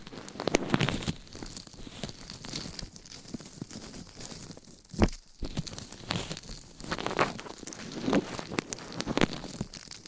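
Scratching and brushing against a microphone, a dense run of rough, crinkly strokes with frequent short crackles. A sharp thump lands near the five-second mark after a brief quieter gap, and the rasping resumes, with bright bursts around seven and eight seconds.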